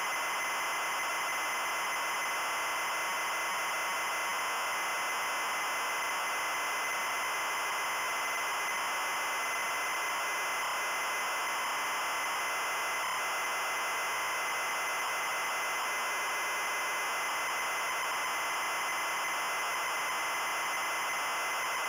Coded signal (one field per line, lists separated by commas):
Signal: ZX Spectrum tape loading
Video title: Chloe Aprende a Reciclar (ZX Spectrum) Loading